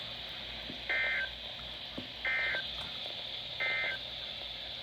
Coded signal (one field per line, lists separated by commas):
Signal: Emergency Alert System (SAME) tones